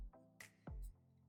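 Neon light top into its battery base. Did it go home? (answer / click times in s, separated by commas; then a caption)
no / none. The plastic top of a neon bat light is slotted into its battery base, which has batteries in the back, over background music, with brief sharp handling sounds at about 0.4 and 0.7 seconds. Nothing has clicked or seated yet when the clip ends.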